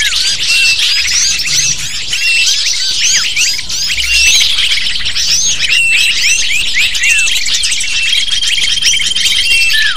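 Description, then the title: Lovebird: shrill chattering of many lovebirds, dense rapid squeaks and chirps layered over one another, briefly easing around the third second before building again. Lovebird calls used as a lure (pikat) to attract lovebirds. "PIKAT BURUNG LOVEBIRD"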